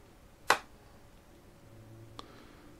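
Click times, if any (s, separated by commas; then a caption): none. A plastic accessory is tried on a new Super7 ThunderCats Ultimates Wave 1 Lion-O action figure: a sharp, bright snap-like tick at 0.5 s, then a faint small tick at 2.2 s. The accessory has not hooked on or clicked into place, because this figure has no proper spot for it to click into, unlike the older Mattel figure.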